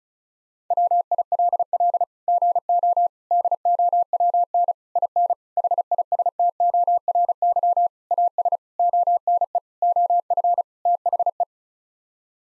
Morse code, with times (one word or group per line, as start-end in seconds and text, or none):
0.7-2.0 WILL
2.3-3.1 GO
3.3-4.7 DOWN
5.0-5.3 IN
5.6-7.9 HISTORY
8.1-8.6 AS
8.8-9.6 ONE
9.8-10.6 OF
10.9-11.4 THE